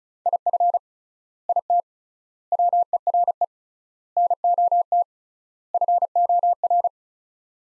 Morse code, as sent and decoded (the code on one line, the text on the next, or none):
.. ..-. / .. - / .-- . .-. . / -. --- - / ..-. --- .-.
IF IT WERE NOT FOR